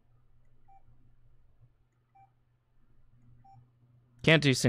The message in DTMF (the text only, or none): none